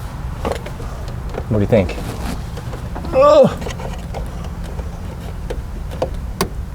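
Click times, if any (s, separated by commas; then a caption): 6.4 s. A wire pops out of its terminal in a generator or transfer switch connector during wiring work, releasing with a sharp snap at 6.4 s. Someone talks earlier in the clip, and a few softer ticks and handling sounds come before the snap.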